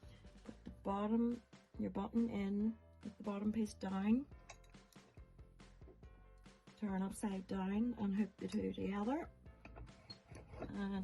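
A button back piece and covered button shell are placed into a button press mould, bottom piece down, and lined up before the halves are turned upside down, hooked together and pressed home. Someone talks over light handling taps and clinks. Nothing has clicked or seated yet.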